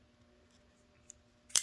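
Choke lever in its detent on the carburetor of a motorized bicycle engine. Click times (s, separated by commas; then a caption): 1.6 s. A spring-loaded choke lever on the carburetor of a two-stroke motorized bicycle engine kit is pulled fully down into its detent. After a faint tick at 1.1 seconds and a brief rising rustle, a sharp click at 1.6 seconds marks the lever locking into place.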